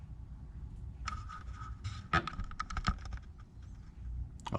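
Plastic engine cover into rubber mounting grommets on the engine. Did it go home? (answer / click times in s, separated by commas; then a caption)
yes / 1.1 s, 2.3 s, 2.6 s, 2.8 s, 2.9 s. A plastic engine cover on a 2007-2020 Toyota Tundra 5.7L, refitted during a JLT 3.0 oil separator install, is lined up with the bar at its rear cutouts and pushed down so its studs snap into the rubber mounting grommets on the engine. Over a low background rumble, plastic scraping and rattling is punctuated by sharp snaps at 1.1, 2.3, 2.6, 2.8 and 2.9 seconds. The cover ends up seated.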